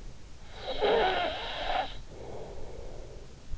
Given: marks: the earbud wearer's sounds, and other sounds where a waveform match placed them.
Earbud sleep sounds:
sounds in sleep by an in-ear microphone; snoring breath
0.47-3.58 s: snoring breath

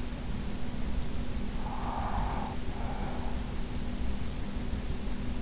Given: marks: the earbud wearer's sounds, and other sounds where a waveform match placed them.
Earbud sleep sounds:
sounds in sleep by an in-ear microphone; breath
1.29-4.10 s: breath

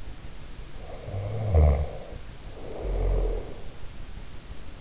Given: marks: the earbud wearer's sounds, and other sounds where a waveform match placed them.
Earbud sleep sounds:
sounds in sleep by an in-ear microphone; snoring breath
0.79-3.90 s: snoring breath

